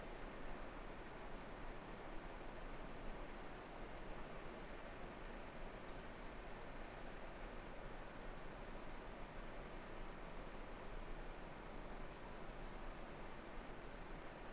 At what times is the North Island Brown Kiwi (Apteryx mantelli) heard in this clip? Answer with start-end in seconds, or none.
none